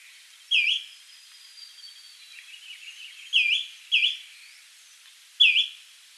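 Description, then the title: Greenish schiffornis uttering clear, down-up call notes, one early then a close pair and a final note, over a quiet background of faint twitters. "LuckyPassaro Completos2Sama. Greenish Schiffornis (Schiffornis virescens)"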